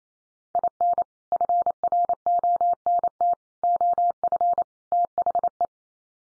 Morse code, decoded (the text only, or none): IN FRONT OF THE